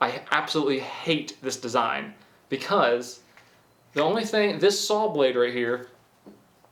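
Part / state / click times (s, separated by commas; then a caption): folding saw blade locking into its handle on a multi-tool / not seated / none. A folding saw blade on a multi-tool is being handled in its handle while someone talks, with a faint tap near the very end. Nothing has seated or clicked into its locked position yet.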